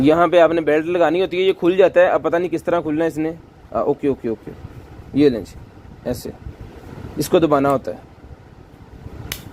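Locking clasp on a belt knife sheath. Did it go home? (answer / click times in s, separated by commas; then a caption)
yes / 9.3 s. Someone talks while handling the locking clasp on a belt-mounted knife sheath, pressing it closed. A sharp, short click sounds at 9.3 s as the clasp snaps shut, and it is seated and locked.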